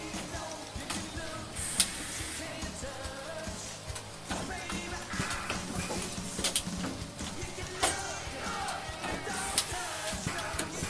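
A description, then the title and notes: Mechanical whirring runs steadily underneath a busy scatter of tinkering sounds: sharp knocks and taps land every second or so, with louder strikes near 2, 6.5, 8 and 9.5 seconds. A low rumble persists throughout, and bright clinks flicker in the upper range. Tony Stark's Lab Ambience ASMR.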